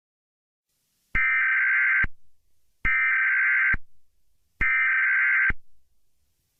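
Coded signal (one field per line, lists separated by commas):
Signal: Emergency Alert System (SAME) tones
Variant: header bursts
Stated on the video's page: Simulated EAS scenario, fictional black hole alert.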